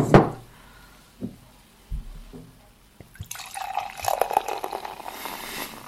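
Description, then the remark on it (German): Pale lager (helles) is poured from a large bottle into a glass: a few hard knocks and clinks, then a steady rushing pour with gurgling bursts and a bright fizzing hiss that builds toward the end; the beer is cloudy and foams heavily. “Also wer jetzt keine Lust auf ein Bier kriegt. Es sprudelt dafür aber ein bisschen zu.”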